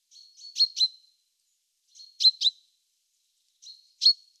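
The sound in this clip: Great tit song: three phrases, each a thin lead-in followed by emphatic notes (paired in the first two, single in the last). No other sounds.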